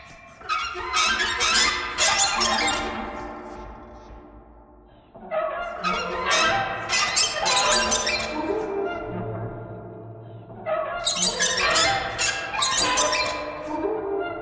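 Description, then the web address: Bird squawks in three long bouts of harsh, squeaky, downward-sliding notes, separated by quieter gaps, over a low hum. "soundfactory birds"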